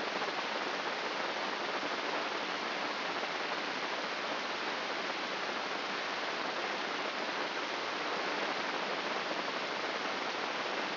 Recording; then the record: brain microelectrode recording played as sound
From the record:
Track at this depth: inside the subthalamic nucleus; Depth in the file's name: 6.029 mm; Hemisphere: left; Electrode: 3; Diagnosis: Parkinson's disease